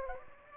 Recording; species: mosquito wingbeat signal from an infrared sensor; Aedes aegypti